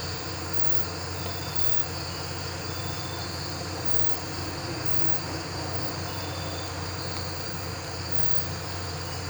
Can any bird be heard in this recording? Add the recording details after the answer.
no. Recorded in pastures near Puerto Asís, Putumayo, Colombia, on 12 March 2025 at 02:30. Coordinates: 0.466, -76.322. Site CSA-02